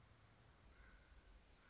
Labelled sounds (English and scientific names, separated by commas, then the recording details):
Common Raven (Corvus corax)
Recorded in Sonoma County, California